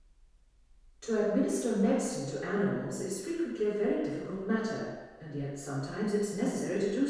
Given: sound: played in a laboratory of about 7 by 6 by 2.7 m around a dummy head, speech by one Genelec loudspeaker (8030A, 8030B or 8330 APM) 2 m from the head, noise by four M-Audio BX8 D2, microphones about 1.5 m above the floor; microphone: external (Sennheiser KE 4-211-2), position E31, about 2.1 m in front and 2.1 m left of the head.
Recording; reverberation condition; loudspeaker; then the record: female speech in English; high; 90 degrees to the right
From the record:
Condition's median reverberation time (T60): about 1300 ms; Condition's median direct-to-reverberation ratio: about -4.0 dB